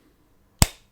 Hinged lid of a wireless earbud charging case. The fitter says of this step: the hinge is sturdy enough to stay open by itself and it has a satisfying click once closed